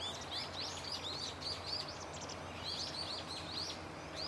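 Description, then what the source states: Birds: short, bright chirps from many birds repeated rapidly in a busy chorus, over steady low background noise. Birds calling loudly and continuously from a tetrapod breakwater belt and its trees; recorded with microphone and camera.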